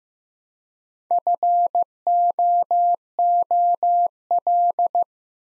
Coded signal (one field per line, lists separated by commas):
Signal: Morse code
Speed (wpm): 15 wpm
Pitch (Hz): 700 Hz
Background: none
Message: FOOL